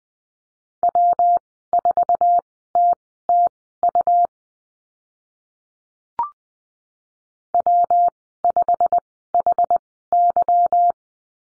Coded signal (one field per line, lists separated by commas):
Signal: Morse code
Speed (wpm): 20 wpm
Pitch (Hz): 700 Hz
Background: none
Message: W4TTU W5HY